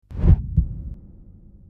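A single deep adult heartbeat lub-dub pair: a strong first thump followed a third of a second later by a shorter second thump, then a fading low rumble. A sound-effect heartbeat, too short to give a rate.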